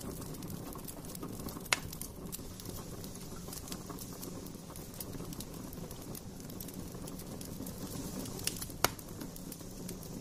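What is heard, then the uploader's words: A fireplace crackles with a steady low rumble and scattered soft pops, with sharp louder snaps near two seconds and nine seconds. Crackling fireplace noise.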